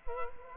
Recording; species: mosquito wingbeat signal from an infrared sensor; Culex quinquefasciatus